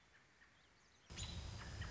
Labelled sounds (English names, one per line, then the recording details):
American Robin
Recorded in Sonoma County, California